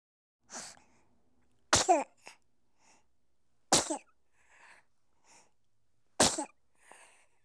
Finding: Baby Sneezing.